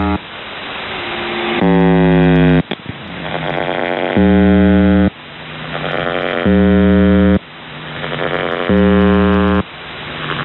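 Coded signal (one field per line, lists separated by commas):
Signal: channel marker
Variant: UVB-76 (The Buzzer)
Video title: The Buzzer/UVB-76(4625Khz) April 10th, 2023 Voice messages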